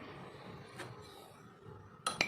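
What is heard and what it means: A metal component of a Toyota's lower power steering rack is pushed and pressed into the rack housing by hand. Faint background noise fills most of the clip, then two short metallic clinks ring out at 2.1 s and 2.2 s as the part goes in. The part is now fully seated and properly installed.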